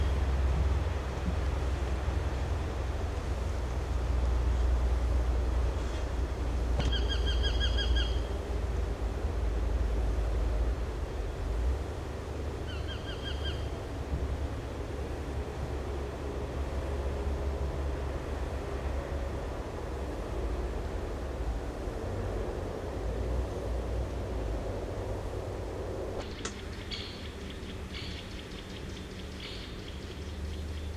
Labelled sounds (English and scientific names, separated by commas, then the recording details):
Eurasian Hobby (Falco subbuteo) call
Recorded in the wild
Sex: male
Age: adult
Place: Bielefeld-Stieghorst, Nordrhein-Westfalen, DE
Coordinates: 51.9833, 8.63333
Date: 1971-07-01
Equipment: Uher 4000 Report-S, Bändchenmikro Beyer M 260, Parabolspiegel Polyester (470 mm)
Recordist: Conrads, Klaus